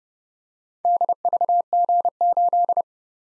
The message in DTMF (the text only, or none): none